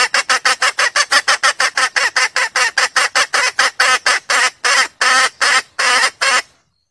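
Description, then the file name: Junglefowl mating call: quick, harsh clucks that start rapid and gradually slow and spread out before stopping. Female junglefowl calling to solicit mating. "suara ayam hutan betina minta kawin"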